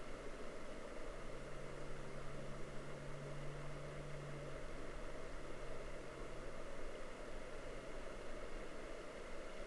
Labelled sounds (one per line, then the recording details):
water
aircraft
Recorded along the Dalton Highway, Alaska, on 18 September 2019 at 09:20
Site 09